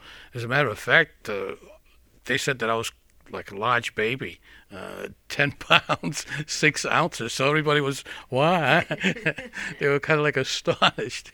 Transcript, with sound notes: As a matter of fact they said that I was, like, a large baby. Ten pounds six ounces. ((he laughs)) So everybody was "Wow." They were kind of like astonished.